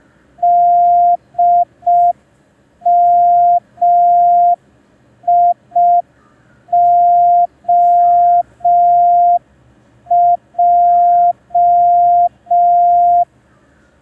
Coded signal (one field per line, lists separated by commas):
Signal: Morse code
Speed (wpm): 5 wpm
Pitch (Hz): 700 Hz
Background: none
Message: DMIOJ